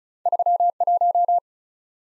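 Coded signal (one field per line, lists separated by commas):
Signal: Morse code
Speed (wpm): 47 wpm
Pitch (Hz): 700 Hz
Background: none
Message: 3 1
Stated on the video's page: Morse practice with two-character letter-number combinations, starting at 35 wpm, then slowing incrementally to a base speed, with a final repeat at maximum speed.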